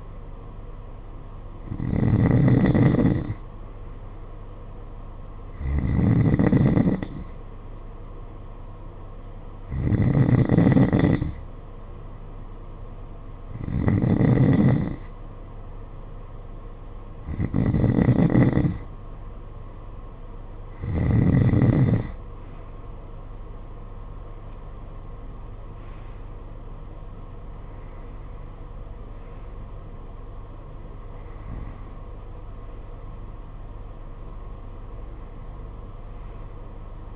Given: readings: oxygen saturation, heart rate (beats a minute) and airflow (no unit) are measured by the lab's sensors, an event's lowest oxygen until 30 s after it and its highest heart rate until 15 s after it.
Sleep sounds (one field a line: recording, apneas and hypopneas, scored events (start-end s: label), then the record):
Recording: breathing in sleep by a smartphone at the bedside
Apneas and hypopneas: none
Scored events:
none scored
From the record:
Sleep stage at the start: N3 (deep sleep)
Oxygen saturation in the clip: 92 to 93%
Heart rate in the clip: 51 to 57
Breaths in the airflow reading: 10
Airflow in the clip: -8.6 to 7.3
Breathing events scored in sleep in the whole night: 476 in 9.7 hours asleep